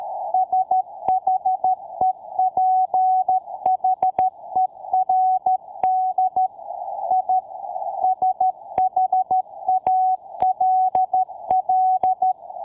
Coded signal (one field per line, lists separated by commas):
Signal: Morse code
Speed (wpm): 13 wpm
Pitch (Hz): 750 Hz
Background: none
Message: SHEPHERD I SHALL